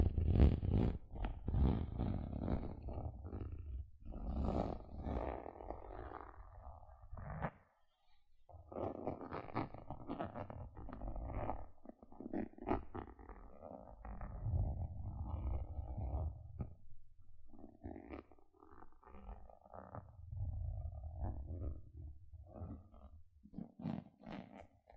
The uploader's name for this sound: Tingly Gentle Scratching Sounds